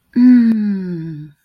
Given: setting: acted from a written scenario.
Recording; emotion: vocal sound without words; serenity